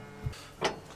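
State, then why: Not seated. The travel lock latch on a telescope mount in an observatory dome is handled as it is put back in: a low thump at about 0.3 s, then a sharper, brighter knock at 0.6 s. Nothing has seated or clicked yet; the latch is not yet home.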